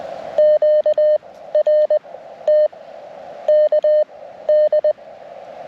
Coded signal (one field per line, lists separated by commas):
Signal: Morse code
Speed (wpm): 20 wpm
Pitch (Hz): 610 Hz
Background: none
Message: QRT KD